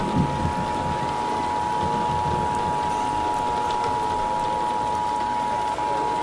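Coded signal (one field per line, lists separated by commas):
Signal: Emergency Alert System (SAME) tones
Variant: 853 and 960 Hz attention tone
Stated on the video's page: EAS tones created with EAS simulation software for a fictional zombie apocalypse scenario.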